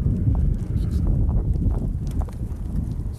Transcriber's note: disturbance to the microphone